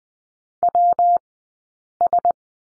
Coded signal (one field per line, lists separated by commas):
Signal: Morse code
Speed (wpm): 20 wpm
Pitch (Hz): 700 Hz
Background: none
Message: WS